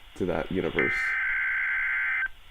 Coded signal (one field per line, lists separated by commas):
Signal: Emergency Alert System (SAME) tones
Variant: header bursts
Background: speech